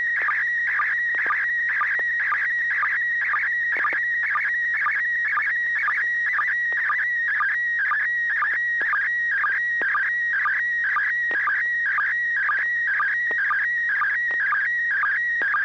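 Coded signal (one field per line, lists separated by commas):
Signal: SSTV (slow-scan television)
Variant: PD120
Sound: warbling, chirping tone scanning line by line, with a short low blip twice a second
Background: low mains hum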